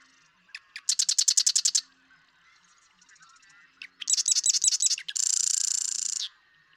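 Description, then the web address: Marsh Wren rattling song: bursts of fast, harsh, pulsed trills, one ending in a long buzzy reel, with soft twittering between. "birdsongforthecurious Marsh Wren"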